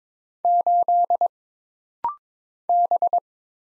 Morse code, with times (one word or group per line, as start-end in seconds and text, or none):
0.4-1.3 8
2.7-3.2 B